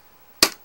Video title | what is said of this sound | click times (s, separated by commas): Assembled in Taiwan Approved in Canada | it clicks in | 0.4 s